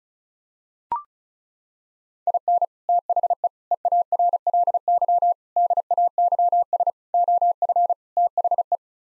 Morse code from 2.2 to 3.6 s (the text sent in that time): IN THE